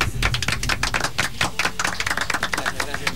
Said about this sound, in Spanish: Los vamos a recibir con un fuerte aplauso.